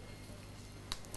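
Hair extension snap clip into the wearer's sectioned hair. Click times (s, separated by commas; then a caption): 0.9 s. A hair extension piece's snap clip is slid up into the wearer's sectioned hair and snapped shut over a steady low background hum. A sharp snap at 0.9 s shows the clip is closed and secure, and two fainter clicks follow at 1.1 s and 1.2 s.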